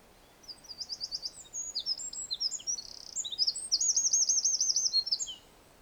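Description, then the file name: Eurasian wren delivering a long, energetic song: piercing high notes that build into a quick, steady trill before stopping abruptly. "Troglodytes troglodytes"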